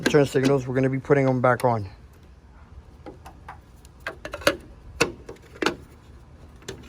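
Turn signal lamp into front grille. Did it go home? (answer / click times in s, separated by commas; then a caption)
no / none. Someone talks, then a turn signal lamp is handled against the new Demon grille of a Jeep Wrangler as it is being refitted, giving short plastic knocks and taps around 4.1, 4.3, 4.5, 5.0 and 5.7 seconds. The lamp has not yet clipped into the grille; nothing has seated or clicked yet.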